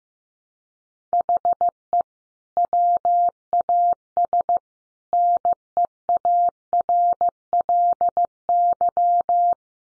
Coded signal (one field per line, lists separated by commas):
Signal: Morse code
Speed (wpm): 14 wpm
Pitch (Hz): 700 Hz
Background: none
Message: HE WAS NEARLY